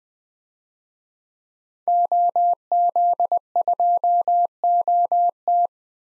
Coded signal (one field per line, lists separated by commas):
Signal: Morse code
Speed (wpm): 20 wpm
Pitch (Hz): 700 Hz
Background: none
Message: OZ2OT